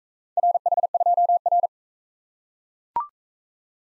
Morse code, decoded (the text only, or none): RH2R